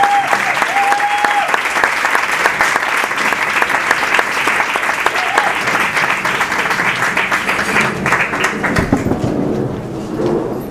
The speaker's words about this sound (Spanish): Un fuerte aplauso para Patricio Hidalgo.